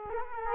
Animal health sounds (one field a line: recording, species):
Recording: mosquito wingbeat signal from an infrared sensor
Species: Culex quinquefasciatus